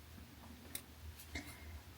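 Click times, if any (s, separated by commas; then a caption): none. Someone pushes a miniature storage rack piece from a Rolife miniature cafe kit onto its base, producing two small sharp ticks at about 0.8 s and 1.4 s against a quiet background. The piece does not snap into place; nothing has seated or clicked yet.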